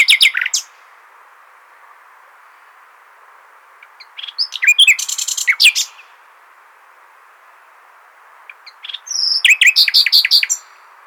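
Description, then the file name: Common nightingale song: three bursts of rich, rapid, varied notes and trills separated by pauses of a few seconds. "Luscinia megarhynchos"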